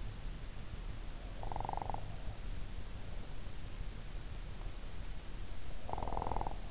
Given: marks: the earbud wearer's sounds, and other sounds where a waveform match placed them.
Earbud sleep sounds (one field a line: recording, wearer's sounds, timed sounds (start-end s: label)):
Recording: sounds in sleep by an in-ear microphone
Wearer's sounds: snoring breath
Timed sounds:
1.31-2.26 s: snoring breath
5.77-6.71 s: snoring breath